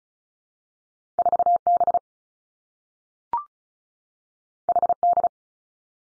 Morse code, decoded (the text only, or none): 4 B H D